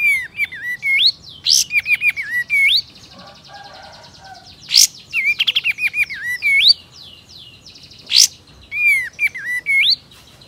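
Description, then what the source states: Sooty-headed Bulbul song: bright whistled notes that rise and fall, repeated several times, mixed with a few loud harsh bursts. Male.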